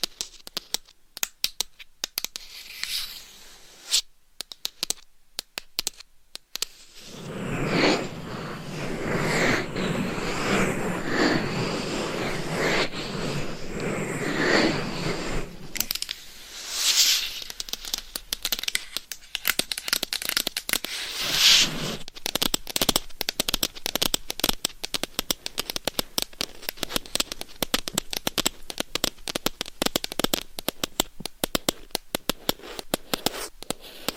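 Claws scratch and tap on a microphone, with dense rough scraping from about 7 to 16 seconds, then rapid irregular clicks and taps.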